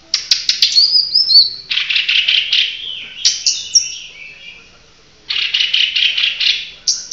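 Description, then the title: Bird chirping, bursts of fast rattling notes with whistled slides between them, a quiet gap, then another rapid rattling burst. "SuaraBurung Kicau"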